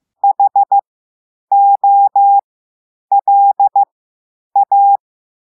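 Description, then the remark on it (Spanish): Morse code beeps in a single steady mid-pitched tone, tapped out in four separate groups of quick dots and longer dashes with short pauses between them, clear and loud with no talking. “El otro día les puse una prueba con Morse.”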